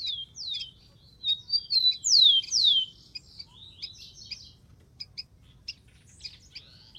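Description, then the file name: Rufous-collared sparrow song: a quick run of bright descending slurred whistles at the start, then a string of thin high chip notes. "canto do tico tico"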